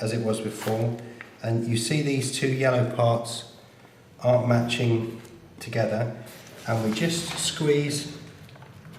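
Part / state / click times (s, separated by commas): inflator cap onto lifejacket inflator body / not seated / none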